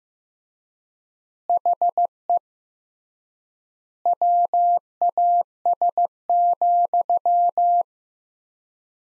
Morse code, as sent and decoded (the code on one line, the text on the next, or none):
.... . / .-- .- ... --..--
HE WAS,